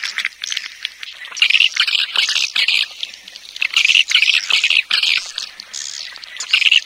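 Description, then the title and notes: Swiftlet calls as a busy chorus of scratchy, high chirps in repeated bursts under a second long, rising and falling in loudness. Swiftlet farming sound, Asia. "Swiflet Bird Sound. Farming Swiflet Bird asia sound"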